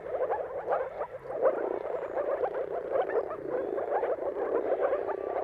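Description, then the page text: Moor frogs in full chorus, a continuous bubbling mass of short low gurgles. Chorus of moor frogs giving mating calls at sunrise, turn of March and April, timing depending on the weather. "Jakub-Orzecki moor frogs. Dawn’s Chorus: Mating Calls of Marsh Frogs at Sunrise. Depending on the weather at the turn of March and April, you can witness an amazing spectacle of moor frogs"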